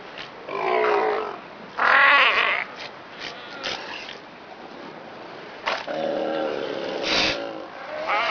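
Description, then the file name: Sea lion calls in harsh, harmonic bursts, a loud bawl near two seconds and more wavering cries later, with quieter gaps of hissing background noise between. "southern sea lion"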